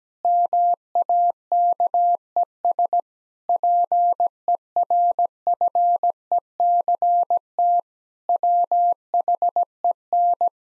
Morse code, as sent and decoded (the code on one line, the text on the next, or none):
-- .- -.- . ... / .--. . .-. ..-. . -.-. - / .-- .... . -.
MAKES PERFECT WHEN